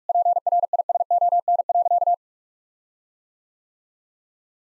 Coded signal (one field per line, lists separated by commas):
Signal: Morse code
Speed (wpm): 46 wpm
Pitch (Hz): 700 Hz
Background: none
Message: PRISON.